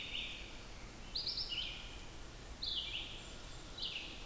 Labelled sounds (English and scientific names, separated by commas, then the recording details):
Red-eyed Vireo (Vireo olivaceus) song
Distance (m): 65 m
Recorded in boreal forest in Alberta, Canada, on 14 June 2016 at 06:28
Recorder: SongMeter 3, array SBT-3-33
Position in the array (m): 153 m, 177 m